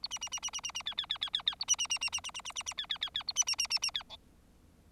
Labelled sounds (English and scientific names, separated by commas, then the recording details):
Bengalese Finch (Lonchura striata domestica) song
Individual Bird4